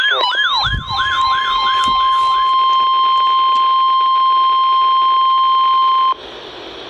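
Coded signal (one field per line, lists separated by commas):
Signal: Emergency Alert System (SAME) tones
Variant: 1050 Hz attention tone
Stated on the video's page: Special Marine Warning from the National Weather Service, received on a Midland WR-100 weather radio.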